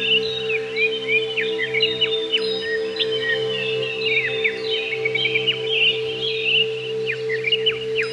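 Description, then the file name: Greater green leafbird song, a fast, varied stream of chirps, whistles and sharp downslurred notes over a steady low hum. "cucak ijo"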